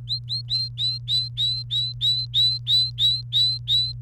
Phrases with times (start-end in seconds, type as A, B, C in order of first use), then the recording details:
0.08-3.92 A. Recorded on 29 April 2018 at 16:02. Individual llb3